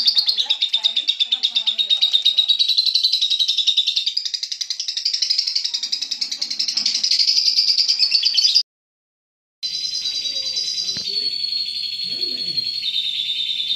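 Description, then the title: Lovebird rapid pulsed trill lasting about eight seconds, dipping and rising slightly, then after a short pause a steadier high buzzy chatter with a few clicks. Training (masteran) audio for lovebirds, meant to teach them the long continuous ngekek trill; lovebird called labet. "Kicau Lovebird Terapi Masteran LABET Agar Labet Cepet NGEKEK PANJANG"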